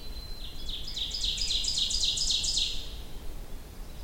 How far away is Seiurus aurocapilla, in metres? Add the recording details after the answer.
about 20 m. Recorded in boreal forest in Alberta, Canada, on 23 June 2016 at 06:54. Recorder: SongMeter 3, array SBT-6-76. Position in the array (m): 22 m, 86 m. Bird 2